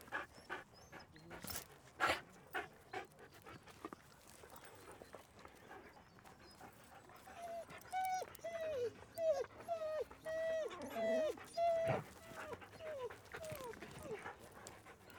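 Siberian Husky panting, then a run of short, falling whines repeated roughly every half second over a steady background hiss.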